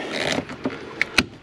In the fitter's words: coolant lines snap back into place and that's our finished product guys